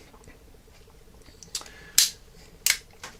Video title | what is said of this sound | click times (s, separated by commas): Three Screw Ruger Super Blackhawk | and then it locks up of course when you close | 2.0 s